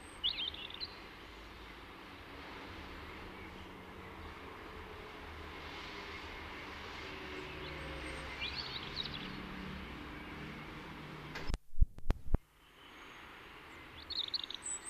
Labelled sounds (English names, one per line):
European Robin song